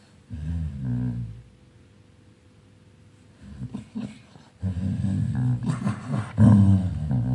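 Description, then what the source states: Dog growling: a low rumbling growl, a pause, then longer continuous throaty growls rising in intensity toward the end. Angry dog while playing.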